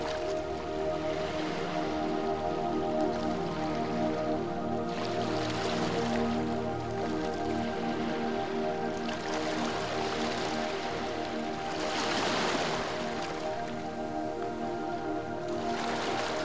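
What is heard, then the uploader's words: Gentle ocean waves wash in a steady hiss with soft swells around six and twelve seconds, over a sustained calm musical drone. A Magical Night By The Ocean With Zen Music & Waves. The waves gently caress the shore, their rhythmic music serenading the night.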